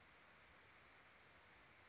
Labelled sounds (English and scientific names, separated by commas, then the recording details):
Western Flycatcher (Empidonax difficilis)
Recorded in Sonoma County, California